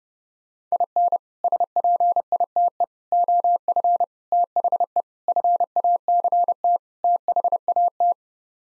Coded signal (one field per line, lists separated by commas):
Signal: Morse code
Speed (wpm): 30 wpm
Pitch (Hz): 700 Hz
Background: none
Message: IN SPITE OF THE FACT THAT